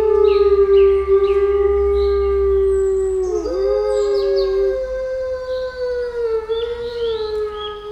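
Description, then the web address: Grey wolf giving a long, sustained howl that dips sharply midway and then steadies again. Captive Canadian white wolf recorded at the zoo in Nyíregyháza in 2019. "kanadai feher farkas trukk eredmeny nyiregyhaza"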